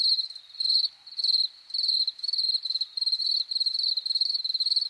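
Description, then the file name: Field cricket song: short, high chirps of a few rapid pulses, given steadily at nearly two per second with brief gaps between bursts. "Grillon champetre"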